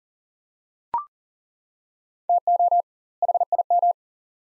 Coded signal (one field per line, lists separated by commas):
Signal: Morse code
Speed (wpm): 40 wpm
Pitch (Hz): 700 Hz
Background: none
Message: TO HIM